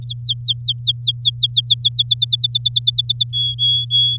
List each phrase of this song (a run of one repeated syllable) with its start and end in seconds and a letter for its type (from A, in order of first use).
0.02-1.89 A, 1.92-3.31 B, 3.33-4.18 C